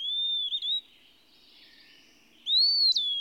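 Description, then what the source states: Eastern Wood Pewee song: a clear, high whistled note, a pause, then a second whistle that rises and slurs downward. Pensive, almost pathetic note heard everywhere in the forest solitudes; described by nineteenth-century naturalist John Burroughs.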